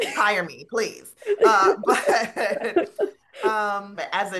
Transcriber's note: they laugh